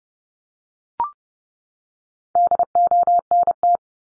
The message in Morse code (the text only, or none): DONT